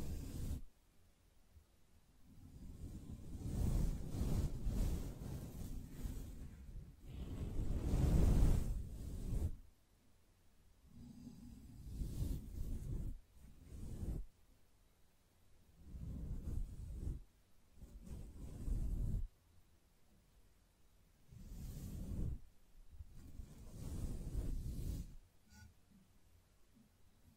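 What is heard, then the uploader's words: Gentle brushing in soft, separate strokes, each a low, rounded swish lasting one to three seconds with short quiet gaps between. The longest, fullest strokes come early, around five to nine seconds; later passes are shorter and lighter. Otherwise quiet. ASMR Gently Brushing Your Brain (No Talking).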